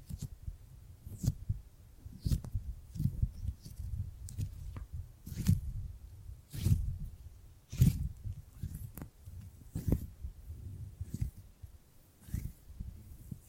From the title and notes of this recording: ASMR Brain Tingly Gripping and Grabbing Sounds for Sleep (No Talking).